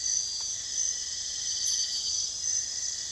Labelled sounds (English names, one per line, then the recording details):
none
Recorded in dense forest near Puerto Asís, Putumayo, Colombia, on 19 February 2024 at 05:00
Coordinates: 0.485, -76.322
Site G6406